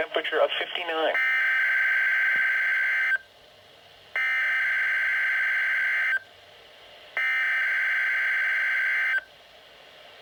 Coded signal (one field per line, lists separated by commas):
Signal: Emergency Alert System (SAME) tones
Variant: header bursts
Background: speech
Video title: Required Weekly Test: WR-120EZ [EAS #3]